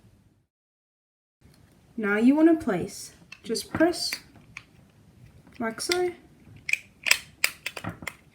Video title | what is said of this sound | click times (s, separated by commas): Kmart Anko Full HD Outdoor Camera: Setup and Review ⭐️ ⭐️ ⭐️ ⭐️ ½ | until you hear a click and | 7.4 s